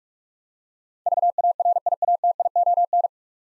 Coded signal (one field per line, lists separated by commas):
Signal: Morse code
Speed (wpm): 46 wpm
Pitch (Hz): 700 Hz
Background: none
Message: VARIATION